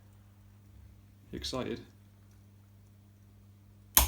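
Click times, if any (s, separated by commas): 4.0 s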